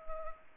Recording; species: mosquito wingbeat signal from an infrared sensor; Aedes aegypti